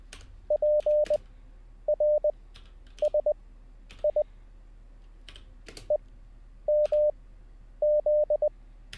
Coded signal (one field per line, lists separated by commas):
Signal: Morse code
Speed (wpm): 20 wpm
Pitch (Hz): 600 Hz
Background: none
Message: PRSI EMZ